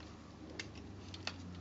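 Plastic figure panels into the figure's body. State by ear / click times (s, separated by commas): not seated / none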